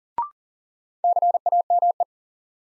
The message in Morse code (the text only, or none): CAME